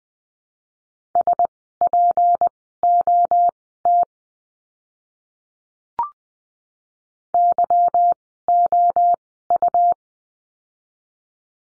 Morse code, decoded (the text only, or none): SPOT YOU